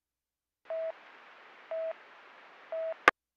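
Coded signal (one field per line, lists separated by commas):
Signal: none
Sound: radio channel beeps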